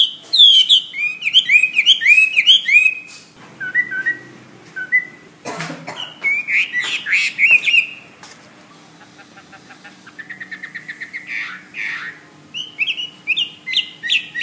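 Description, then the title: Bird singing in bursts of quick high chirps, broken by pauses, with a quieter passage partway through before bright repeated notes return. "SuaraBurung Kicau"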